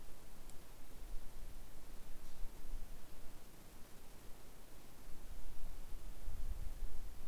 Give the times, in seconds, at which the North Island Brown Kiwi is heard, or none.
none